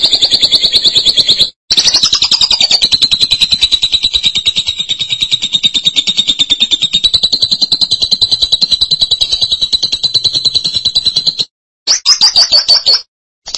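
Lovebird song: long rapid high-pitched chattering trill with short gaps near the start and end.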